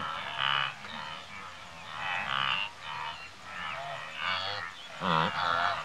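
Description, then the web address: Wildebeest grunting, several nasal, croaking honks overlapping in uneven bursts with brief quieter gaps. Several wildebeest grazing and grunting in Africa. "Sound Effects Library-30 (Africa- The Natural World) 28 WILDBEEST, Several grazing and grunting"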